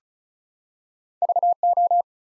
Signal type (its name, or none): Morse code